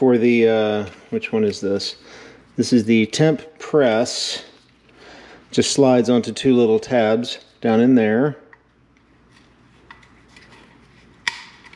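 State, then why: Seated. Someone talks while a temperature gauge is slid onto two small tabs inside the Corsa instrument cluster housing being fitted as an upgrade to a flooded 1965 Corvair Monza 110. After a few quiet faint ticks, one loud, sharp hit at 11.3 s marks the gauge going home, seated on its retaining tabs.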